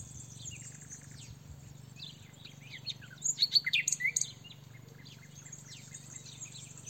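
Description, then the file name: Common nightingale song, a brief loud run of rapid repeated notes amid softer chirps, with a low hum throughout. "Luscinia megarhynchos"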